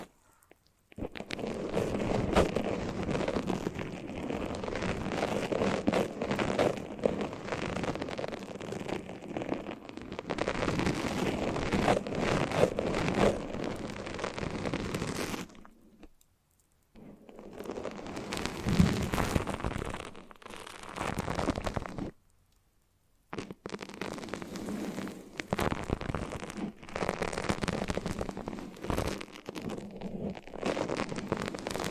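Foamy, sticky crackling squishes fill the clip in a dense, steady fizz, broken by two short silences around sixteen and twenty-two seconds.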